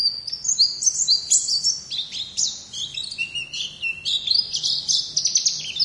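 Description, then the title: White-eye song, a continuous high twittering warble of quick sliding and chattering notes without pause, with faint low hum beneath. "Pleci"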